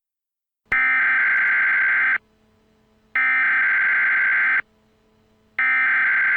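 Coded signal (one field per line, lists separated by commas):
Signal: Emergency Alert System (SAME) tones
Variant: header bursts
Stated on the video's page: Fictional EAS scenario alert, not a real emergency alert.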